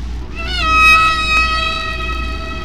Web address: Songs of the humpback whale